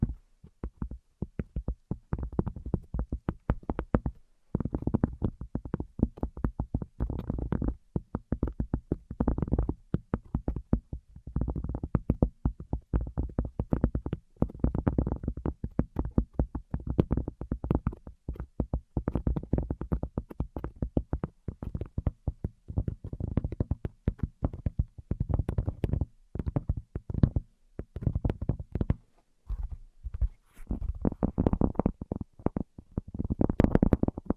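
Tapping sounds come in rapid, dense bursts throughout, low and thuddy, with brief pauses between clusters and a few brighter taps near the end.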